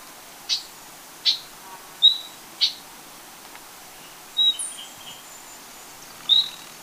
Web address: Natures Songs S America Birds of Ecuador Yellow-collared Chlorophonia